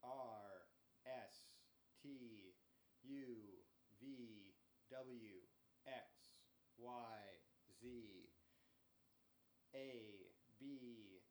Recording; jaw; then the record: letters of the alphabet, spoken; free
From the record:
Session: first day, before the bite bar